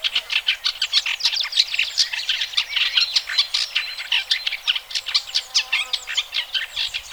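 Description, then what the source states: Bird song, a rapid run of sharp high chirps and twitters in dense bursts, pulsing several times a second with little pause throughout. Birdsong used for training pet birds to sing.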